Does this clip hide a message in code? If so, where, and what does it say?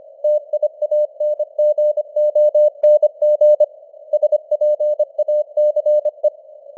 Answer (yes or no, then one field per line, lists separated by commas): yes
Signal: Morse code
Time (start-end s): 0.2-6.3 s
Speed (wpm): 25 wpm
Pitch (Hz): 600 Hz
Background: none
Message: TIANGONG SPACE